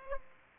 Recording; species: mosquito wingbeat signal from an infrared sensor; Aedes aegypti